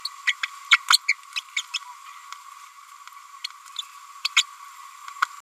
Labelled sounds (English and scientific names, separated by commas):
Green-rumped Parrotlet (Forpus passerinus) babbling